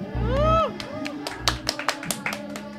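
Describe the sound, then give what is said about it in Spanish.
Scattered applause for Marco Sick breaks out after a rising, wavering whoop or whistle, with a low rumble underneath; the claps come as sharp, uneven bursts at moderate loudness. “Un aplauso fuerte para Marco Sick desde donde estén.”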